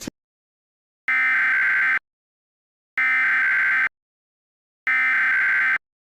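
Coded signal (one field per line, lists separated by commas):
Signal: Emergency Alert System (SAME) tones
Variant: header bursts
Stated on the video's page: Fictional mock alert with valid SAME headers, generated with EAS Encoder software and macros made in Audacity.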